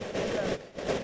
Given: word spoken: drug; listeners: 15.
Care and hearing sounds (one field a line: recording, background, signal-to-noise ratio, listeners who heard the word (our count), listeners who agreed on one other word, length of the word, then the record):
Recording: one English word in noise, from a listening test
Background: noise modulated by three-talker babble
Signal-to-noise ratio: -6.8 dB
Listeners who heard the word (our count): 0 of 15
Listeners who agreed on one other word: 6 of 15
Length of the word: 0.64 s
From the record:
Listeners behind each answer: 6, 2, 1, 1, 1, 1, 1, 1, 1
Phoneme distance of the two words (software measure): 37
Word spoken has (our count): 1 syllable, 4 phonemes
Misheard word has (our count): 1 syllable, 3 phonemes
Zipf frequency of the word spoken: 4.50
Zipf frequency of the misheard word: 5.21